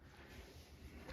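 A molded plastic part is being handled and pressed toward its spot in the housing of a Stihl MS151tc chainsaw during a top handle replacement. Only low, steady handling noise and background hiss are heard, with no distinct click. Nothing has snapped or seated yet.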